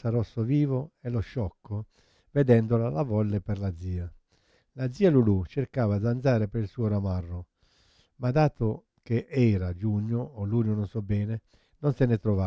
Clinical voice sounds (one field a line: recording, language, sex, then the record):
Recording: read passage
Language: Italian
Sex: male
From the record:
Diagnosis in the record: Parkinson's disease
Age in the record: 71 years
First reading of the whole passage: 50 s, 10.4 characters per second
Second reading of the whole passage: 45 s, 11.4 characters per second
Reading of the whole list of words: 37 s, 7.6 characters per second